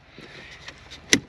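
On a 2022 Toyota Tundra dashboard, the top of a plastic dash trim panel is pushed into place so its pop clips snap into the dash. A faint tap comes at 0.7 s, then one loud sharp snap at 1.1 s as the clips seat.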